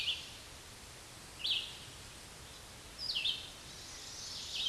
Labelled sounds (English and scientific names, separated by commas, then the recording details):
Red-eyed Vireo (Vireo olivaceus) song
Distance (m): 20 m
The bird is about 20 m above the microphone
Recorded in a Pennsylvania forest on 16 May 2024 at 06:44
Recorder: AudioMoth, point MSD-2258
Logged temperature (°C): 15.2 °C
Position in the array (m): 165 m, 73 m